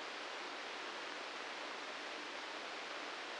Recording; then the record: brain microelectrode recording played as sound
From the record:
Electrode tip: inside the subthalamic nucleus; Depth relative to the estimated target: 1 mm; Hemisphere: right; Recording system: NeuroSet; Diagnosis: Parkinson's disease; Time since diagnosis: 9 years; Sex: male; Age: 61 years